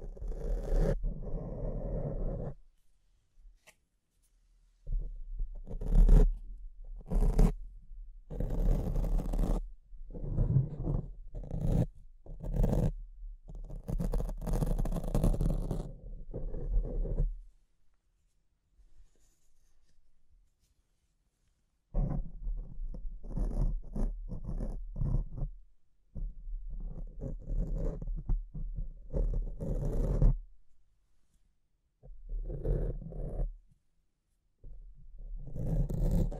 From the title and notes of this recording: ASMR Brain Melting Mic Scratching (No Talking).